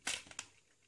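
The plastic wing fronts of a Toyworld TW-06C Evila Star transforming robot toy are being folded down on each side toward the body of its shuttle mode, to be clipped in place. A short crinkly, scraping burst of plastic handling near the start is followed by two brief, sharp ticks at about 0.3 and 0.4 s, then quiet. Nothing has seated or clicked into place yet.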